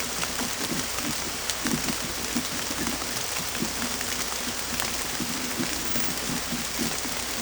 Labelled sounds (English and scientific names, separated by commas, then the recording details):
none
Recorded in secondary vegetation near Puerto Asís, Putumayo, Colombia, on 18 December 2024 at 23:30
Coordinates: 0.468, -76.324
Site G095